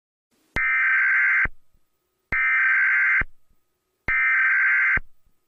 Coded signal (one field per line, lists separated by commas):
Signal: Emergency Alert System (SAME) tones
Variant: header bursts